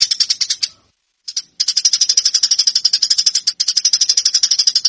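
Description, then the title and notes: Eurasian tree sparrow chirping in rapid trains of sharp, high chirps, with one brief pause early on and another very short break later. Master song for training fighting-style (tarung) song. "MASTER GEREJA TARUNG. burung gereja"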